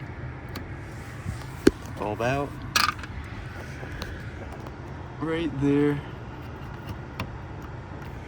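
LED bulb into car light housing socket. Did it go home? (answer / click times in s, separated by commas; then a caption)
yes / 7.2 s. A replacement LED bulb is pushed and twisted into the socket of a 2018 Honda Civic Si Coupe's light housing, where the old bulb was taken out, as part of an upgrade to LEDs to make the lights brighter. Someone talks briefly over low background noise, and a few faint ticks sound before the bulb clicks into place at 7.2 s. The LED bulb is seated.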